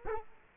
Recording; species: mosquito wingbeat signal from an infrared sensor; Culex quinquefasciatus